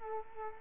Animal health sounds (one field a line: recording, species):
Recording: mosquito wingbeat signal from an infrared sensor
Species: Culex quinquefasciatus